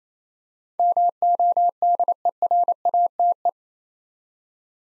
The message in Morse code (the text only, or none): MODERATE